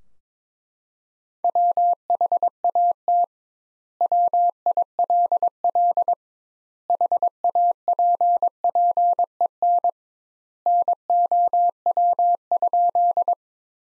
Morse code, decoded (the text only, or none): WHAT WILL HAPPEN NOW?